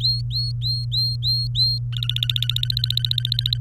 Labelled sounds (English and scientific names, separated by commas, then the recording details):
Domestic Canary (Serinus canaria) song
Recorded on 23 April 2018 at 17:31
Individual llb3